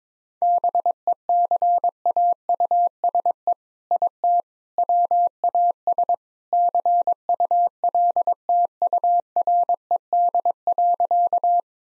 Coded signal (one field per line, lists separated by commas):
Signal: Morse code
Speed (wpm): 22 wpm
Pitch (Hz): 700 Hz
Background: none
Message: BECAUSE IT WAS CULTURED.